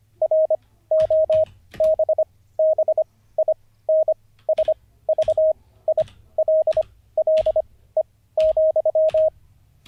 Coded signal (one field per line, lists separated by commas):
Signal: Morse code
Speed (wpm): 25 wpm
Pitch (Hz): 630 Hz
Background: none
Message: ROBBINSVILLE,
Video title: N0SSC Learns Morse Code (Day 48) [Livestream]